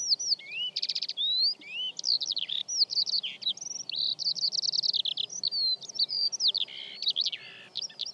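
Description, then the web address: Bird song, a rapid, nearly unbroken stream of varied chirps, whistled slurs and short buzzy trills, high-pitched throughout, with a quiet steady background hum. "Bird Only"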